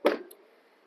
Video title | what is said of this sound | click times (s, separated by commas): 2023 Toyota Highlander XSE Tour | just as easily this guy can unhook go into your door frame and be completely flush with it | 0.1 s